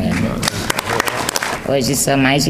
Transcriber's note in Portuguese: palmas